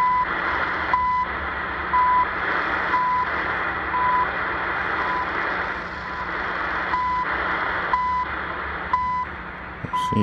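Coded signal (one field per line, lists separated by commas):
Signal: radio time signal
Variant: CHU Canada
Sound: steady once-a-second 1 kHz ticks, about ten, through hissing shortwave static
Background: radio static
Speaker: The CHU 3330 coming in.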